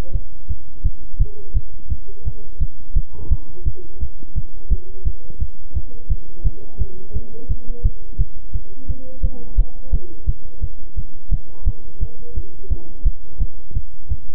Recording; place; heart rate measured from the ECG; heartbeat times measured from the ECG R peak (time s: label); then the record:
heart sounds by stethoscope; between the tricuspid and mitral areas; 172 bpm
0.12 s: heartbeat
0.48 s: heartbeat
0.83 s: heartbeat
1.18 s: heartbeat
1.53 s: heartbeat
1.89 s: heartbeat
2.24 s: heartbeat
2.59 s: heartbeat
2.94 s: heartbeat
3.29 s: heartbeat
3.64 s: heartbeat
3.99 s: heartbeat
4.34 s: heartbeat
4.69 s: heartbeat
5.04 s: heartbeat
5.39 s: heartbeat
5.74 s: heartbeat
6.08 s: heartbeat
6.43 s: heartbeat
6.78 s: heartbeat
7.13 s: heartbeat
7.48 s: heartbeat
7.83 s: heartbeat
8.17 s: heartbeat
8.52 s: heartbeat
8.87 s: heartbeat
9.22 s: heartbeat
9.56 s: heartbeat
9.91 s: heartbeat
10.26 s: heartbeat
10.60 s: heartbeat
10.95 s: heartbeat
11.30 s: heartbeat
11.65 s: heartbeat
11.99 s: heartbeat
12.34 s: heartbeat
12.69 s: heartbeat
13.04 s: heartbeat
13.39 s: heartbeat
13.73 s: heartbeat
14.08 s: heartbeat
From the record:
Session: bicycle stress test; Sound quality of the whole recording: good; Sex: male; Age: 26 years